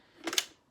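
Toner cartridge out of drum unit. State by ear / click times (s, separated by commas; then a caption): released / 0.3 s, 0.4 s. A lever on a drum unit is pressed to release a plastic toner cartridge from the drum, giving sharp plastic clicks at 0.3 s and 0.4 s amid a brief burst of clattering. The cartridge comes free of the drum unit.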